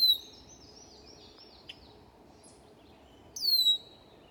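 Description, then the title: Red-winged blackbird alarm note, a high descending slurred call at the start and another near the end, with faint high chips between over low background noise. Bird agitated at the recordist. "Red wing blackbird mad at me"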